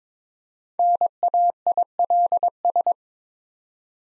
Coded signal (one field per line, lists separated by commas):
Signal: Morse code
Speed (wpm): 22 wpm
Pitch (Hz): 700 Hz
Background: none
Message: NAILS